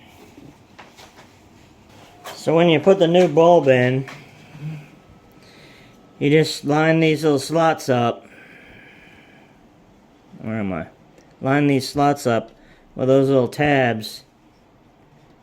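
A new headlight bulb for a 1979-1993 Mustang 5.0L Foxbody is held with its slots lined up to the tabs before it goes into the headlamp assembly, while someone talks in several bursts. A faint, brief tick sounds near 0.8 s, and there are quiet handling noises between the speech. Nothing has seated or clicked yet.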